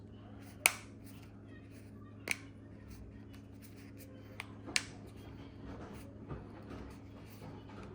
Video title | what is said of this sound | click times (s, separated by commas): How To Replace Bose QC35 Ear Pads ( i & ii ) with Wicked Cushions | Again, you'll hear some clicks. | 0.7 s, 4.8 s